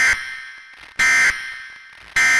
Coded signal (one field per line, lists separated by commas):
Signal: Emergency Alert System (SAME) tones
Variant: end-of-message bursts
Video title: 9/11: (THE EAS SCENARIO)